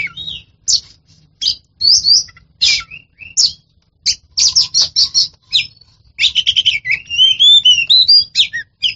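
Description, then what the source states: Oriental magpie-robin song, a varied run of sharp chirps, quick whistled slurs and buzzy notes, growing denser in the second half. A champion bird of this species, in the sense of a contest-winning songbird.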